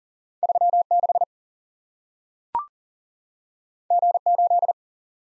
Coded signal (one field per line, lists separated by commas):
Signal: Morse code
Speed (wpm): 40 wpm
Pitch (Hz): 700 Hz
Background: none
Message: 3 6 G 8